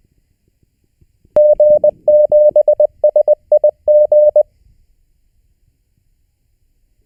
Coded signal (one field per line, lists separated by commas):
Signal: Morse code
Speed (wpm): 20 wpm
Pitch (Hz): 600 Hz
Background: none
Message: G7SIG